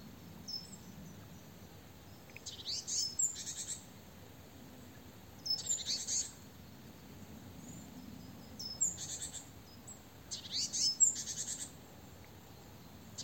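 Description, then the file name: Great tit harsh, buzzy churring calls in short bursts every few seconds, with thin high whistled notes in between over a faint low background hum. "Parus major"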